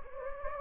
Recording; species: mosquito wingbeat signal from an infrared sensor; Anopheles gambiae